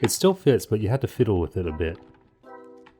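A plastic handle is about to be attached to a new replacement hose with a tool catch on a Dyson vacuum; the hose still fits but takes fiddling. Someone talks for the first two seconds, then music plays, with a faint tick at 2.9 s. Nothing has seated or clicked into place yet.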